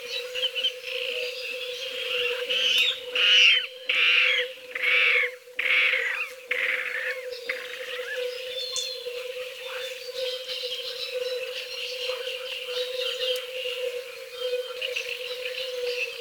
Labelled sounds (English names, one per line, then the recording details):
Water Rail song
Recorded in the wild
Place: Nagyivan / Hortobagy, HU
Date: 1988-05-12
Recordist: Schwarz, Dieter